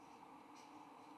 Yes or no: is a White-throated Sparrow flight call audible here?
no